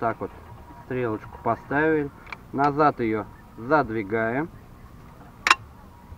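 A bolt is placed on a cocked crossbow and slid back along the groove while someone talks. It clicks into the rail latch at 5.5 seconds with a short, sharp snap. The crossbow is now cocked and ready to fire.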